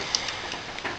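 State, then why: Seated. A spring-hinged plastic back heel piece on a toy figure's foot snaps into place, giving a sharp click at 0.2 s and leaving the heel seated. A fainter tick follows at about 0.8 s over a steady hiss. No one talks.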